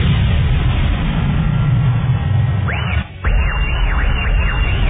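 A loud, roaring explosion effect: dense rumbling noise that briefly dips, then continues under a series of repeated rising-and-falling whistling tones, with no voices.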